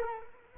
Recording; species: mosquito wingbeat signal from an infrared sensor; Culex quinquefasciatus